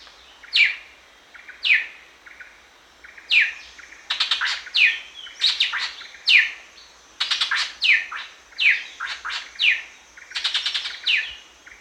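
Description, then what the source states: Greater racket-tailed drongo calls: loud, varied notes sweeping down from high pitch, with rapid rattling clusters, repeated many times, over a faint steady high hiss. Recorded at Danum on 1 January 2008.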